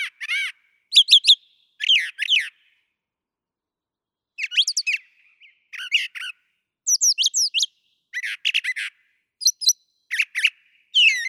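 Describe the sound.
Brown thrasher singing many short, harsh and whistled phrases, often repeated twice, with irregular pauses throughout.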